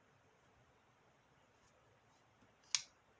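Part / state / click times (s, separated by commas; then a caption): file and flat-head tool locking into a multi-tool hammer body / seated / 2.8 s. A double-sided file with a flat-head tool at its top is swung out of a multi-tool hammer body. After near silence, it locks into place with a single loud, sharp metal click at 2.8 seconds that quickly fades. The flat head is locked open.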